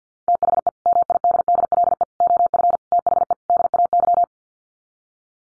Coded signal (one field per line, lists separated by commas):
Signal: Morse code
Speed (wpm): 50 wpm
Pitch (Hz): 700 Hz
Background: none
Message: THE MIDDLE OF THE DAY